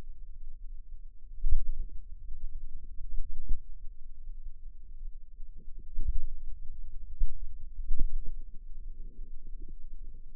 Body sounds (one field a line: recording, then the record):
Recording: forearm muscle sounds (acoustic myography)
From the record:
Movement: finger pinch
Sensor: system 2, bracelet of six BSWA MPA416 microphones around the upper forearm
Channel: 2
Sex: female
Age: 22 years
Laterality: right